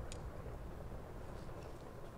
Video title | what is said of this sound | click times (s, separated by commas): Gunpla Newbie Builds HG MS-14S Gelgoog | there's that snap satisfying snap so I should do a dance | 0.1 s